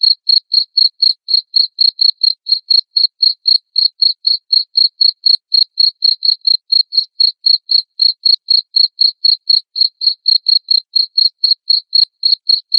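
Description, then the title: Cricket chirping continuously, sharp high pulses at a steady pace near four per second throughout, nothing else audible. Loud cricket chirping played to make lovebirds sing continuously. "Suara JANGKRIK NGERIK Keras Bikin LOVEBIRD Jadi NGEKEK Terus Vubey"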